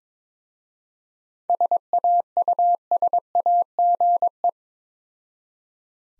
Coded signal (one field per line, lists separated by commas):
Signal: Morse code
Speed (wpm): 22 wpm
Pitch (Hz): 700 Hz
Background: none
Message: SAUSAGE